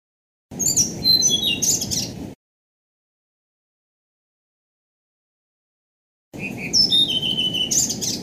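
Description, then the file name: Blue-throated flycatcher singing two separate phrases of high, sweet whistles that slide and step downward, parted by a pause of about four seconds, with a low hum underneath. "kicau sikatan blue throated. omkicau"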